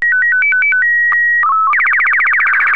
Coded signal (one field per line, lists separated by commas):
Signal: SSTV (slow-scan television)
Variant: Robot BW 8